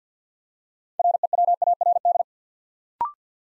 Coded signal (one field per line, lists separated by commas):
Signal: Morse code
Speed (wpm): 49 wpm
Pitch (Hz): 700 Hz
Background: none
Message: REWARD